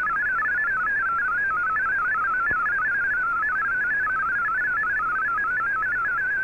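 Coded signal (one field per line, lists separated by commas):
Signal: multi-tone FSK (Olivia or MFSK type)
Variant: MFSK32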